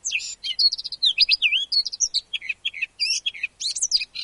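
Eurasian blackcap with a quick, varied warbling phrase of slurred whistles and chattering notes.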